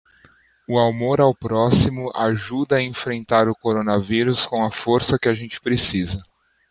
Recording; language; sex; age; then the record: spoken sentence; Brazilian Portuguese; male; 30 to 39 years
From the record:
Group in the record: control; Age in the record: 34 years